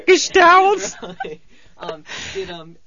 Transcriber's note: they laughs